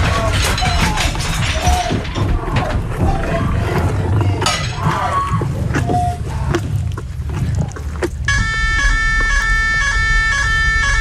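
A loud, chaotic roaring din gives way after about eight seconds to a steady electronic alarm siren, part of a five-minute alarm, a sustained multi-tone blare with stacked harmonics that continues to the end.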